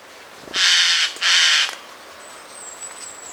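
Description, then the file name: Eurasian jay gives two harsh, rasping screeches in quick succession, each about half a second long, then a faint thin high whistle is heard. "Garrulus glandarius"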